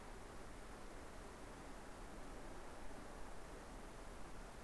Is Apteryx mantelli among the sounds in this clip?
no